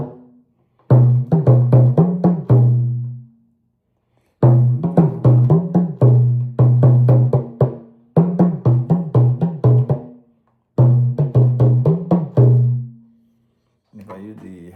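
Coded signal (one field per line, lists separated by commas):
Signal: talking drum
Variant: Yoruba dùndún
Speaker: So, I added additional words into it. I added that "Ewo baluwe." Look at baluwe. Look at shower that is claiming to be a river. I took that is claiming to be like a river. "Oju alani o she we shall see."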